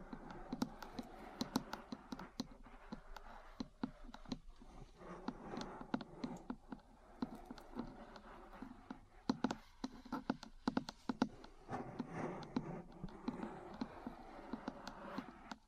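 Metal parts tap and scratch in a busy, irregular run of sharp clicks and knocks, often several per second, with brief pauses near 4 and 9 seconds. A rough scraping texture fills the spaces between hits, mostly in the low and middle range.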